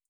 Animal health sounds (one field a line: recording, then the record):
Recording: hydrophone in a shrimp aquaculture tank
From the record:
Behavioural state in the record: feeding